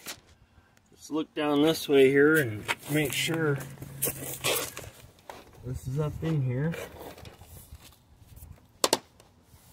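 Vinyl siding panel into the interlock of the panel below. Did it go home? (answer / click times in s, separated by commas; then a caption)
yes / 8.8 s, 8.9 s. One person holds one end of a vinyl siding panel while another clips the other side into the interlock of the course below, and someone talks. The bottom edge snaps into the lock with two sharp clicks at 8.8 and 8.9 seconds, and the panel is seated.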